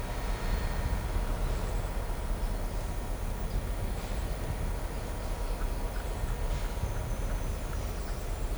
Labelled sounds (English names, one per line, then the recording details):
none
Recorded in shrubland near Pivijay, Magdalena, Colombia, on 1 June 2023 at 15:00
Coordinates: 10.453, -74.365
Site P5-G022